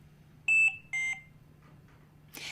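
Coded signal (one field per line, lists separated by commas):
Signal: alarm pattern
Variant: Trilogy ventilator low priority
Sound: two short electronic beeps, the second lower in pitch, then quiet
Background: low electrical hum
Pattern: 2 short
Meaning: Low priority alarm: information to be aware of, such as a stuck button or a battery needing charge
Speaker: low priority alarms are two beeps together in a repeating pattern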